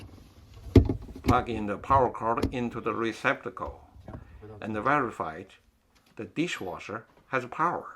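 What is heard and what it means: A power cord plug is pushed into the power inlet of a Bosch 300 Series dishwasher, and a sharp click at 0.8 seconds marks the connector seating securely. Someone talks before and after the click.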